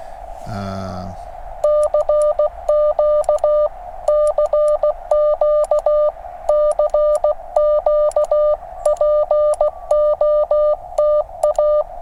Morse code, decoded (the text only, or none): CQ CQ CQ POTA